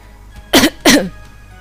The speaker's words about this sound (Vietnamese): Thạch Tiểu Bảo ho khan hai tiếng